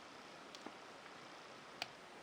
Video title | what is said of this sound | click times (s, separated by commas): INSIDE A SHEAFFER PFM FOUNTAIN PEN | there you go, till you hear that little clicking noise. | 1.8 s